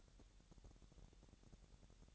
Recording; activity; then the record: daily activity, microphone in the room; take from stove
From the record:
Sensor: 3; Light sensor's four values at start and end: 93/219/91/81 and 93/219/91/81